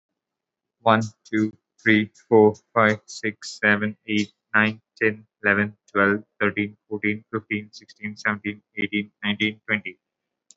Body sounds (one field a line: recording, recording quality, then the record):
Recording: counting at a normal pace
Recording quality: excellent, no background noise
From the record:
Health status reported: exposed to COVID-19, no respiratory illness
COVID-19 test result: negative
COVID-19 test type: RT-PCR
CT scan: not taken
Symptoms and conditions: none ticked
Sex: male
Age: 22 years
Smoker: no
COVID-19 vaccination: one dose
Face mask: worn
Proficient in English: yes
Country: India